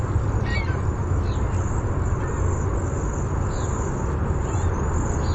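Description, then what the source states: Cedar waxwing uttering high, thin drawn-out seee calls over a steady low rumble. Bzee-seee call type.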